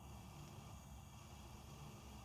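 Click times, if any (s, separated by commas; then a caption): none. A plastic switch component is being pressed down against a stiff spring into the power-button housing of an electric kettle during reassembly of the button mechanism. Only a steady low rumble with a broad, even hiss is heard, with no sharp sounds. Nothing has seated or clicked yet.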